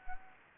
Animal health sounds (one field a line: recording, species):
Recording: mosquito wingbeat signal from an infrared sensor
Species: Anopheles gambiae